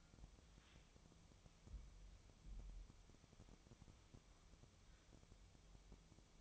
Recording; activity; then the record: daily activity, microphone in the room; wipe stove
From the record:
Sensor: 1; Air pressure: 1004.9 hPa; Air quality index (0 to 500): 73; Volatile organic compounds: 1 ppm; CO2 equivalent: 972 ppm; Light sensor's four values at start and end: 9/23/9/10 and 9/23/9/10